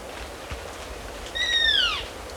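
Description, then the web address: Olive-backed woodcreeper call: a single clear whistled note sliding downward for under a second, with faint harmonics, over a low steady background hiss. Recorded in Ecuador. "Birds of Ecuador 2. Olive-Backed Woodcreeper"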